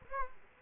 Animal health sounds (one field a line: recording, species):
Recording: mosquito wingbeat signal from an infrared sensor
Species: Aedes aegypti